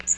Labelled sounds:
Magnolia Warbler flight call

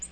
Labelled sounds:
Yellow-rumped Warbler flight call

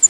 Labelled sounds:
Pine Warbler flight call

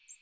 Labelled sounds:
American Redstart flight call

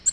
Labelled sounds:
Nashville Warbler flight call

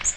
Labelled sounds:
Magnolia Warbler flight call

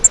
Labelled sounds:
Grace's Warbler flight call

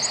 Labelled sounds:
Black-throated Green Warbler flight call

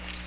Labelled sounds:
Chestnut-sided Warbler flight call

